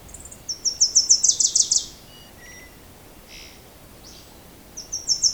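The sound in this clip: Bird calls: a rapid run of sharp, high chirps that falls slightly, then short whistles and buzzy notes, ending with another fast chirping burst.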